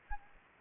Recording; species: mosquito wingbeat signal from an infrared sensor; Anopheles gambiae